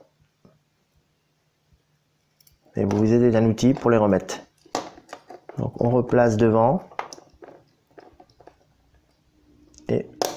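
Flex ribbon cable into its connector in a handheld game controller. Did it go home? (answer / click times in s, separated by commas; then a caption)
yes / 10.2 s. Someone talks while a tool is used to put the flex ribbon cables back into their connectors on a handheld game controller's replacement joystick, with small handling taps and clicks in between. The part is then pressed into place, and a sharp small click at 10.2 s confirms the ribbon cable connector is properly seated again.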